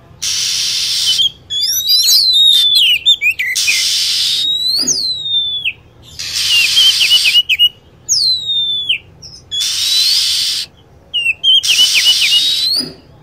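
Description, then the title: Lovebird calls: high, piercing chirps with falling and rising sweeps, repeated rapidly between roughly one-second blocks of loud hissy chatter. Lure sound used for attracting lovebirds. "PIKAT BURUNG LOVEBIRD"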